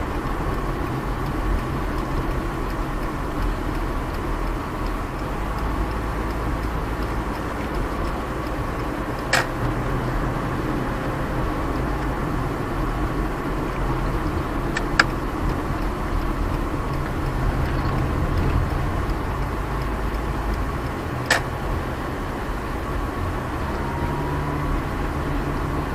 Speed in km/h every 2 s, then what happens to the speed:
41, 36, 33, 30, 33, 38, 39, 38, 32, 26, 25, 25, 28.
0-5 slows to 30. 5-12 speeds up to 39. 14-18 slows to 26. 18-26 steady at about 25.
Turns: none.